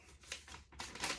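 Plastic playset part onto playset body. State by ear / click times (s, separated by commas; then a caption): seated / 0.3 s, 0.8 s. A plastic piece of a Masters of the Universe Origins Snake Mountain toy playset is snapped onto the playset body, following the instructions. Two sharp plastic clicks sound at 0.3 s and 0.8 s as the piece snaps into place and seats.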